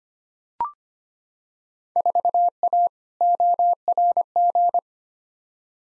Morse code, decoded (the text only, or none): 4A ORG